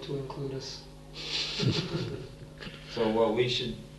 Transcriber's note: laughter